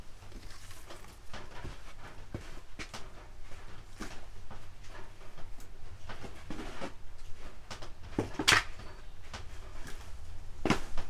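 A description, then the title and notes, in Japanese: Harvested green onions being trimmed and peeled, with irregular crackling, rustling and snapping sounds every second or so. A sharp, bright snap stands out near the middle of the second half, with another loud one at the end, over a steady low hum. 出荷日の昼下がり。収穫してきたネギの調整作業中(皮むき、葉落とし、軽量、束にする)。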